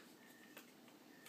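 A plastic piece of a collectible bat-signal build-a-figure set is handled against the assembled toy signal it is meant to be pressed into. Faint ticks and handling noise are heard, with a brief sharper touch near 0.6 s. Nothing has seated or clicked yet.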